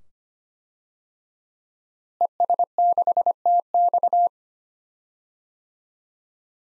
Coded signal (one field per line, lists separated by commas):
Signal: Morse code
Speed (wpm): 25 wpm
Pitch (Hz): 700 Hz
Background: none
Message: ES6TX